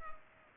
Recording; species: mosquito wingbeat signal from an infrared sensor; Culex pipiens